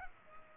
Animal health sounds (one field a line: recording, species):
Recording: mosquito wingbeat signal from an infrared sensor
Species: Culex pipiens